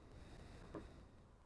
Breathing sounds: one breath near a microphone; exhalation

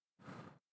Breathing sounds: one breath near a microphone; exhalation

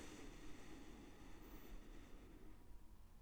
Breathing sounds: one breath near a microphone; inhalation

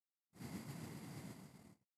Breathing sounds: one breath near a microphone; exhalation

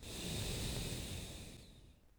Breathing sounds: one breath near a microphone; exhalation

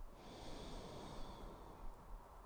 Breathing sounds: one breath near a microphone; inhalation

